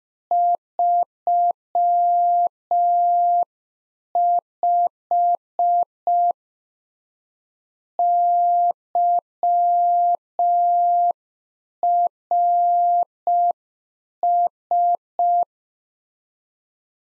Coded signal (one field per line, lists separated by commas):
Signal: Morse code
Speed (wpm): 5 wpm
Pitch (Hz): 700 Hz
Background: none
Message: 35 YRS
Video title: Practice QSO - Exchange 3- More Info - 5wpm